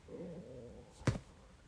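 Low rumbling, gurgling stomach growl ending in a brief louder pop: ordinary bowel sounds (borborygmi) from an adult abdomen.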